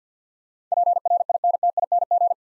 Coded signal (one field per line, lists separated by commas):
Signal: Morse code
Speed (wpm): 49 wpm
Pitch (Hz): 700 Hz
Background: none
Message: PRINTING